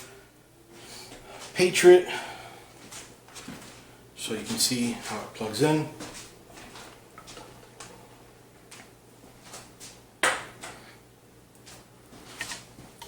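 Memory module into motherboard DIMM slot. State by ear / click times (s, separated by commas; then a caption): not seated / none. A memory module is handled and lined up with a motherboard DIMM slot inside a Fractal Design Define S case while someone talks, with soft handling noises and a sharp knock around 10.2 seconds. Nothing has seated or clicked yet; the module is not home in the slot.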